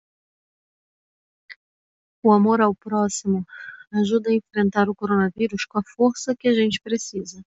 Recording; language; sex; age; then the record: spoken sentence; Brazilian Portuguese; female; 30 to 39 years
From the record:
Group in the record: control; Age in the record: 36 years